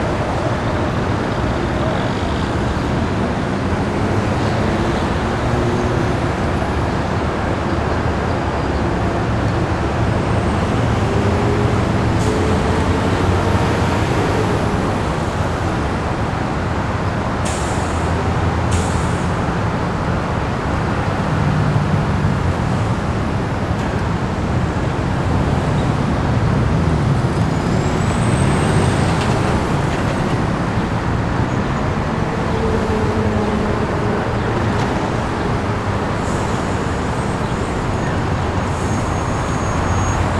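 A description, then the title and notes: Busy city traffic fills the street in a steady, dense rumble of engines and tires. Vehicles pass continuously, with brief high hisses of air brakes around 17, 25 and 29 seconds, and occasional squeals over the low roar. Busy Day in the City - Taffic Ambience.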